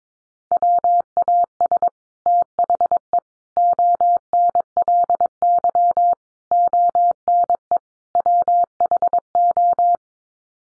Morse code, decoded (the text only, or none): WAS THE ONLY ONE WHO